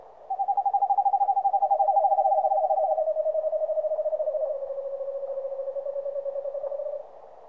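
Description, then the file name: Eastern screech owl whinny: a long pulsed whistled trill lasting about seven seconds, stepping gradually lower in pitch with overlapping notes, then stopping. "Digiffects Sound Effects Library - Eastern Screech Owl"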